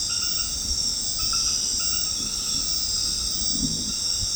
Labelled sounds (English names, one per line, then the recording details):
none
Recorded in secondary vegetation near Puerto Asís, Putumayo, Colombia, on 13 March 2025 at 22:00
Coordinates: 0.485, -76.322
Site G040